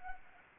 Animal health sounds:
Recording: mosquito wingbeat signal from an infrared sensor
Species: Anopheles arabiensis

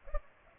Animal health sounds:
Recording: mosquito wingbeat signal from an infrared sensor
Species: Culex pipiens

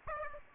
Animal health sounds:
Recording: mosquito wingbeat signal from an infrared sensor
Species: Aedes aegypti

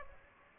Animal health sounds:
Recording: mosquito wingbeat signal from an infrared sensor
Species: Aedes aegypti

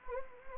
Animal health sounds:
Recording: mosquito wingbeat signal from an infrared sensor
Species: Anopheles gambiae

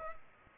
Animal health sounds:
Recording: mosquito wingbeat signal from an infrared sensor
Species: Culex pipiens

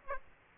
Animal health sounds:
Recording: mosquito wingbeat signal from an infrared sensor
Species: Aedes aegypti

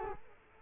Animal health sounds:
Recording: mosquito wingbeat signal from an infrared sensor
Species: Culex quinquefasciatus

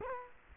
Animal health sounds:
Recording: mosquito wingbeat signal from an infrared sensor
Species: Culex quinquefasciatus

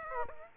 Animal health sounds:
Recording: mosquito wingbeat signal from an infrared sensor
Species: Aedes aegypti

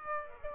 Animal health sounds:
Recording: mosquito wingbeat signal from an infrared sensor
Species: Aedes aegypti

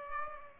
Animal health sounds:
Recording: mosquito wingbeat signal from an infrared sensor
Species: Aedes aegypti

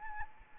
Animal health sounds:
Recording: mosquito wingbeat signal from an infrared sensor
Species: Anopheles arabiensis

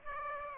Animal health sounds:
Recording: mosquito wingbeat signal from an infrared sensor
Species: Aedes aegypti

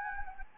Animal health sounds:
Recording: mosquito wingbeat signal from an infrared sensor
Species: Anopheles gambiae

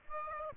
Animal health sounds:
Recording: mosquito wingbeat signal from an infrared sensor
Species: Aedes aegypti

